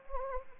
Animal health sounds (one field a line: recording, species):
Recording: mosquito wingbeat signal from an infrared sensor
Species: Anopheles arabiensis